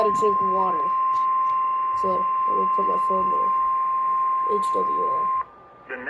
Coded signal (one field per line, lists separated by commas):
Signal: Emergency Alert System (SAME) tones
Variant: 1050 Hz attention tone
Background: speech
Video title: Tornado Warning | EAS #645